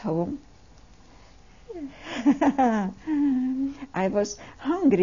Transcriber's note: she laughs